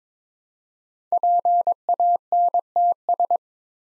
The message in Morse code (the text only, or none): PANTS